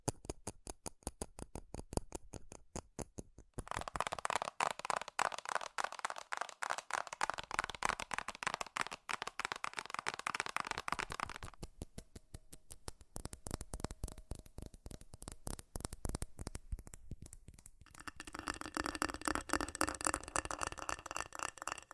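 Fast, furious tapping on metal, dense rapid clicks running throughout, with brighter ringing stretches from about four to eleven seconds and again near the end.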